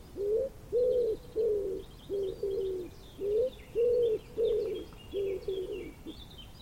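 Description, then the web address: Common wood pigeon giving a run of deep, muffled coos, while other small birds twitter quietly in the background. "cianscape. Deverinetal"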